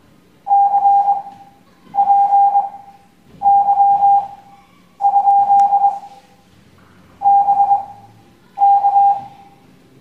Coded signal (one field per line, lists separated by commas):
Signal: Morse code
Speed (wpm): 21 wpm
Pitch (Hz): 800 Hz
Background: none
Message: CPY? BK